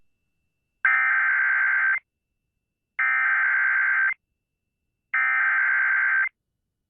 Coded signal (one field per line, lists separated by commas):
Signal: Emergency Alert System (SAME) tones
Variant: header bursts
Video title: Severe Thunderstorm Warning on WBAP-AM (EAS #1356)